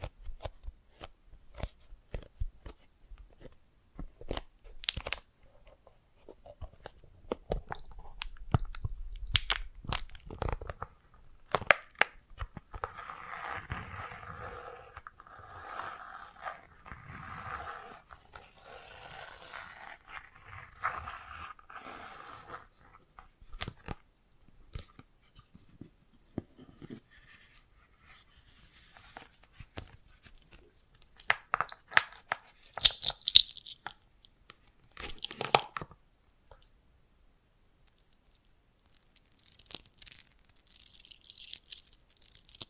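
Bracelets and jewelry boxes being handled, with sharp clicks, taps and small clattering knocks scattered irregularly throughout. From about 13 to 22 seconds a softer rustling, scraping texture runs steadily. Later come brighter jingling rattles near 31–35 seconds and again toward the end.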